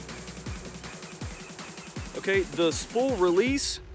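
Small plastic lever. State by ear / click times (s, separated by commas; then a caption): not seated / none. The spool release thumb bar on an Abu Garcia Black Max baitcasting reel is handled, with faint low taps and handling noise through the first two seconds before someone talks. Nothing has clicked or latched yet by the end of the clip.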